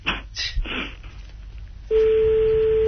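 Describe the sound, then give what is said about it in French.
A mobile phone number is keyed in with a few quick, noisy button blips, then a steady, low-pitched line tone takes over and holds loudly to the end. No one speaks. “On va l'appeler sur le portable pour voir.”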